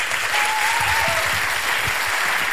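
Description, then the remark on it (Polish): An audience at a Polish Radio Three (Trójka) concert claps steadily, a dense, even wash of applause that holds loud from start to finish, with a faint whistle or tone briefly audible early on. “Brawa.”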